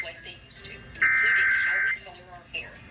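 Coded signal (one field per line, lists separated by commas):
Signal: Emergency Alert System (SAME) tones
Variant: header bursts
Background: speech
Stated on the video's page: Child abduction emergency heard on FM broadcast stations, the Washington State EAS relay network on 155.475 MHz and NOAA Weather Radio on 162.550 MHz.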